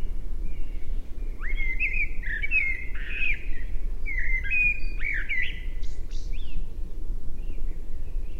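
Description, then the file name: Common blackbird singing short, fluty warbled phrases that rise and fall, several in quick succession, over a steady low rumble of background noise. "Turdus merula"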